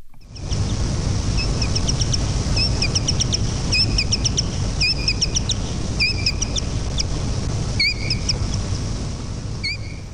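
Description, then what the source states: Silver-haired bat ultrasonic calls, slowed down: quick series of short descending sweeps in bursts of one to several, several bursts throughout, over a steady low rumble. Ultrasonic signals above human hearing range, slowed down tenfold so they can be heard.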